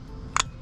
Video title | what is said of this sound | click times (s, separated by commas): Motorcycle wrenching 101 Basic repair and tools | see had a couple clicks actually | 0.4 s